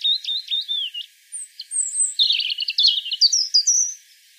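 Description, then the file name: European robin song: a rapid series of high, thin, varied warbling notes and trills, wavering in pitch. "Erithacus rubecula"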